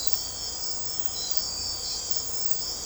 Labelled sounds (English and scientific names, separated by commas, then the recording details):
none
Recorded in secondary vegetation near Puerto Asís, Putumayo, Colombia, on 16 December 2024 at 03:00
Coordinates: 0.502, -76.326
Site G028